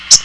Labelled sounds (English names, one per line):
Common Yellowthroat flight call